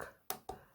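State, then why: Seated. A plastic tool-less M.2 retention lock is pressed down into a motherboard standoff hole to hold an NVMe drive in place. A sharp, bright click sounds at 0.3 s, followed by a softer, duller tap at about 0.5 s. The lock is seated.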